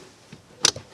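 On a Honda/Acura, the plastic cabin air filter access cover is slid into the HVAC filter housing behind the glove box after a new cabin air filter is installed. A faint low bump comes at about 0.3 s, then a single sharp, bright click at 0.7 s with a brief rattle right after. The cover snaps into place and is seated.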